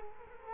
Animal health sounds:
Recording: mosquito wingbeat signal from an infrared sensor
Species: Culex quinquefasciatus

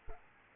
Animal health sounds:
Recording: mosquito wingbeat signal from an infrared sensor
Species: Aedes albopictus

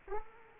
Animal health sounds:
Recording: mosquito wingbeat signal from an infrared sensor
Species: Culex quinquefasciatus

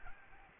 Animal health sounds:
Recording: mosquito wingbeat signal from an infrared sensor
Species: Aedes albopictus

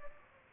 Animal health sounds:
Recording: mosquito wingbeat signal from an infrared sensor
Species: Aedes aegypti

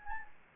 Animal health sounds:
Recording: mosquito wingbeat signal from an infrared sensor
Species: Anopheles gambiae

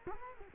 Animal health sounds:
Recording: mosquito wingbeat signal from an infrared sensor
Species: Culex quinquefasciatus

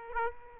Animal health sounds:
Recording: mosquito wingbeat signal from an infrared sensor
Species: Aedes aegypti

